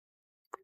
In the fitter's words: you should hear it click and it should easily come off